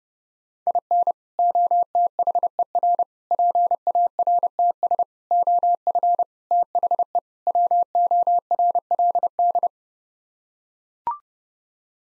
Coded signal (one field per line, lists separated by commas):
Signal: Morse code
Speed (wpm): 32 wpm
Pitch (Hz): 700 Hz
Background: none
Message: IN OTHER PARTS OF THE WORLD